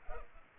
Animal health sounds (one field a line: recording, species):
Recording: mosquito wingbeat signal from an infrared sensor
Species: Culex pipiens